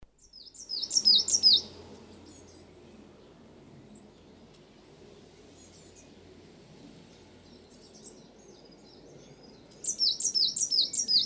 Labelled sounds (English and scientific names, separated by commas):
Coal Tit (Periparus ater) song